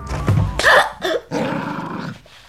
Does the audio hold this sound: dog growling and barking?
yes